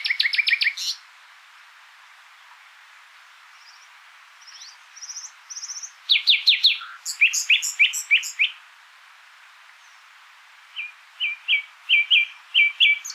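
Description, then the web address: Common nightingale song in short bursts: rapid rattling stutters, soft rising whistles, then bright repeated chirps and a series of clipped notes with pauses between phrases. "SETE Luscinia megarhynchos"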